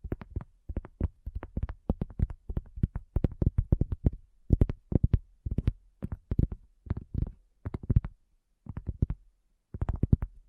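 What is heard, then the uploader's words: Quick addictive tapping in dense clusters of sharp, hollow taps, with brief pauses between bursts and a short silence near ten seconds. ASMR Addictive Tapping. (No Talking).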